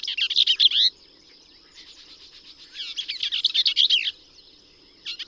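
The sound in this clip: Bell's vireo song: rapid, scratchy, jumbled warbled phrases about a second long, repeated after pauses, over a steady high hum.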